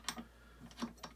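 While setting up a reloading press, the head piece is being fitted into its place on the press. Short, sharp ticking handling sounds come at about 0.1, 0.7, 0.8 and 1.0 seconds, with the first being the loudest. The clip ends before the part goes home, so nothing has seated yet.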